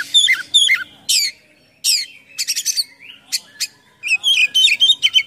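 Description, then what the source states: Oriental magpie-robin pouring out a rich song of sharp downslurred whistles, quick chattering runs and rapid twittered notes near the close. Kacer song in 'gacor full isian mewah' style: a continuous, full song packed with imitations of other sounds.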